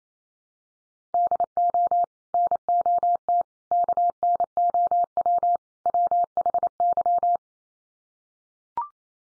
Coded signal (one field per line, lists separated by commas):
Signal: Morse code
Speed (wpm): 28 wpm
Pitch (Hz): 700 Hz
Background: none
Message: DO NOT KNOW WHY